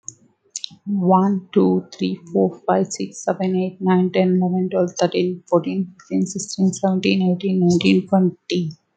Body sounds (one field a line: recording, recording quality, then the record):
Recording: counting at a fast pace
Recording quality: excellent, no background noise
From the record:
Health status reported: healthy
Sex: female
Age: 35 years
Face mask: not worn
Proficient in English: yes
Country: India